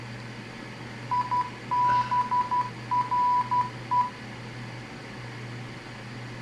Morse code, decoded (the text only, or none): IBRE